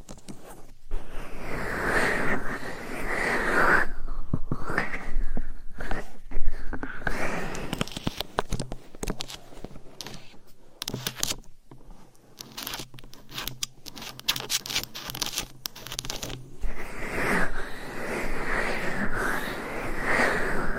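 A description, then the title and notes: Scratching and rubbing against a microphone, with soft brushing swells early and late and a middle stretch of quicker, sharper scratches and taps. The sounds are dense, crackly and bright, with occasional brief pauses and a faint low hum underneath. Binaural Mic Scratching , Massage & Tapping. No Talking for Sleep with Long Nails.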